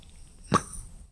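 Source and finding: Adult. Cough.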